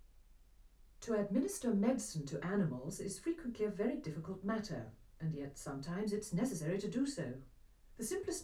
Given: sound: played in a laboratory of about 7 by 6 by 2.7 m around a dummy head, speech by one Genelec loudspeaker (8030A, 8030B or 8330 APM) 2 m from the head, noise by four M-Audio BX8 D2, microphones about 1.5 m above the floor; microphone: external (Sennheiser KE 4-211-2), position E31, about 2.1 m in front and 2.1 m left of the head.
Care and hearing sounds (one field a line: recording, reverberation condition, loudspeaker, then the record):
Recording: female speech in English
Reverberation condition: low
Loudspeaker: 150 degrees to the left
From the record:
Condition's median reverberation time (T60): about 310 ms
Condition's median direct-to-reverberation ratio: about 3.5 dB